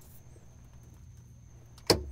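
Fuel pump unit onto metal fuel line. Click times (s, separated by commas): 1.9 s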